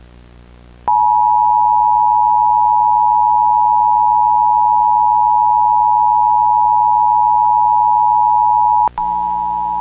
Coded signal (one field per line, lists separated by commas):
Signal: Emergency Alert System (SAME) tones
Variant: 853 and 960 Hz attention tone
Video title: EAS Recreation (02/26/25): Harnett County Amber Alert